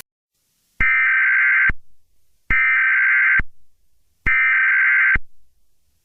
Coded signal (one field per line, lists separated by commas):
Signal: Emergency Alert System (SAME) tones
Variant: header bursts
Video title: Broadcast signal intrusion and HIGH LEVEL EAS, record of 08/05/24, Location: some areas of the world